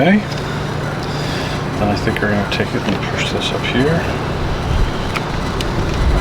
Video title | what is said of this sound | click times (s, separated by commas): Solar Panel Install SV Free Spirit | like that till it snaps and we | 5.6 s